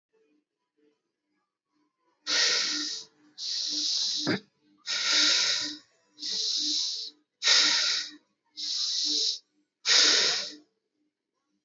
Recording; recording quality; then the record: deep breathing; excellent, no background noise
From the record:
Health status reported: healthy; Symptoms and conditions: muscle pain, diabetes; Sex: male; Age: 36 years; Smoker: not ticked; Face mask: not worn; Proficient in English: yes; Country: India